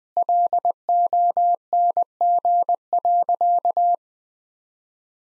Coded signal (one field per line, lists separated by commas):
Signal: Morse code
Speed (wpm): 20 wpm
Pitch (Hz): 700 Hz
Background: none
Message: LONG.